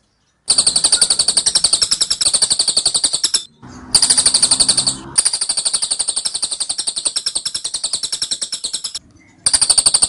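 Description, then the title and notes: Scaly-crowned honeyeater song, a fast machine-gun-like series of shrill high notes running for several seconds, broken by short gaps, with some faint background noise. Dense, insistent, long-lasting 'tembakan' (rapid-fire) song of an actively singing cililin, used as master training audio for Oriental magpie-robins. "Tembakan Cililin Rapat Ngotot Durasi Panjang Suara Cililin Gacor Untuk Masteran Murai Batu. Master cililin"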